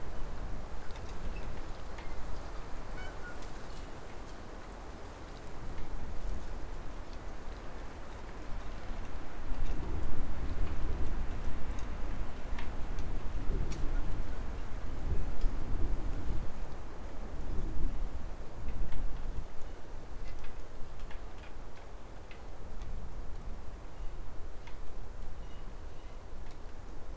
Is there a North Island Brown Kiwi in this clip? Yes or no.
no